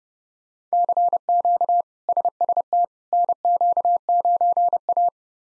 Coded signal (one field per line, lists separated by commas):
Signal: Morse code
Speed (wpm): 32 wpm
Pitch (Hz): 700 Hz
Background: none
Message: CQ SST NQ9A